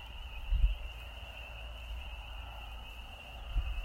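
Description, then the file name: Chorus of spring peepers heard as an unbroken shrill whistle-like hum, under heavy low rumble with two short bumps. Recorded on 29 March 2020. "Peepers 2 20200329"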